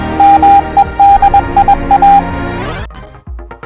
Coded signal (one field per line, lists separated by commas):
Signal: Morse code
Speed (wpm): 21 wpm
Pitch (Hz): 800 Hz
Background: music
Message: MEDIA